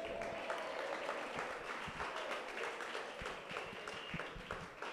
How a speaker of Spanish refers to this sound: Un aplauso para mí, me lo aprendí.